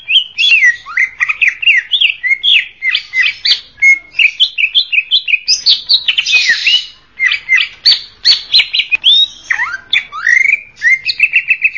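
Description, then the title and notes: Leafbird delivering a dense, lively string of chirps, downslurred whistles and scratchy notes, almost without pause. "Kicau Burung Cucak Ijo Juara. Suara kicauan burung cucak ijo"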